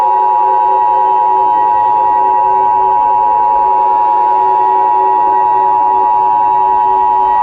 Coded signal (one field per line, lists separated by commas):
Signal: Emergency Alert System (SAME) tones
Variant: 853 and 960 Hz attention tone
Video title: EAS Scenario #8: The Easter Killings